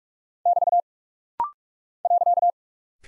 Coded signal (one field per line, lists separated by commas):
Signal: Morse code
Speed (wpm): 42 wpm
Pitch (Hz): 700 Hz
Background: none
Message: <BT> .